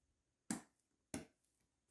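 A second RAM memory module is lined up at the bottom of a motherboard DIMM slot first, then pushed in towards the top until the slot's retention latches snap shut. Two sharp, bright clicks ring out at 0.5 s and 1.2 s, each fading quickly, against near silence. The module is seated in the slot.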